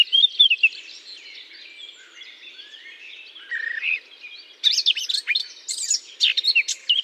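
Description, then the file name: Eurasian blackcap: a few loud notes, then soft, subdued warbling, then a loud burst of rich, varied song in the final seconds. Singing in a holly bush. "chant de fauvette a tete noire dans houx"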